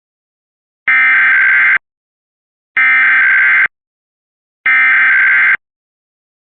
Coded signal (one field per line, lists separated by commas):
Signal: Emergency Alert System (SAME) tones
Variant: header bursts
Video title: WPVI-TV Emergency Alert System Required Monthly Test in PA (EAS #35)